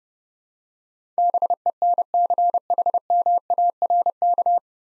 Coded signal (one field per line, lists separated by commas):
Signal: Morse code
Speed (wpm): 32 wpm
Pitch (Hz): 700 Hz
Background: none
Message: BENCHMARK